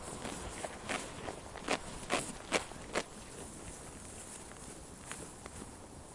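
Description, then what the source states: Sheep chewing, rhythmic crunching bites a little over two per second, strongest early on and then softening. Sheep chewing while eating grass.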